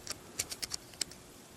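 A plastic battle mask piece on a transforming action figure's head is pulled down, making a series of small, bright plastic clicks and ticks around 0.1, 0.4, 0.5, 0.6 and 0.7 seconds. A sharp, louder click at 1.0 s marks the mask locking into position, seated.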